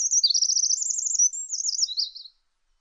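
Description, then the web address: Bird giving a quick, high, rippling trill that wavers up and down, then ends in a brief descending warble after about two seconds. "Deverinetal 2025 File origin Bird Only"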